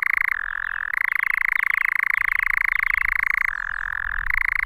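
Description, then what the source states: European nightjar giving a sustained, rattling churr, pulsing very fast and steady, dropping briefly to a lower pitch near the start and again near the end. Nightjar churring on its perch at Cannock Chase.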